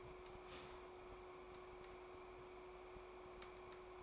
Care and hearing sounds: daily activity, microphone in the room; start toaster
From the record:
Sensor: 1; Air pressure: 1014.7 hPa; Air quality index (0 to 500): 201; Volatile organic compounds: 34 ppm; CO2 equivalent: 3044 ppm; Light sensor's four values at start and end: 3/8/3/3 and 3/8/3/3

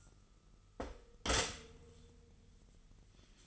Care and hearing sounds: daily activity, microphone in the room; stop toaster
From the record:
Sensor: 4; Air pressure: 989.4 hPa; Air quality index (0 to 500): 215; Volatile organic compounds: 65 ppm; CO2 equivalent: 3470 ppm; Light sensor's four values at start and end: 24/84/31/32 and 24/83/31/32

